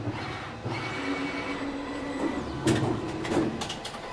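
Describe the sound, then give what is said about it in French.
A t-shirt printing machine runs with a steady mechanical hum and a tonal whine, broken by a few louder clattering, hissing bursts toward the end. No one speaks. “Donc là, le t-shirt est imprimé, l'encre est encore humide, donc on va passer le t-shirt à la presse à chaud, qui est pendant 30 secondes, à 180 degrés.”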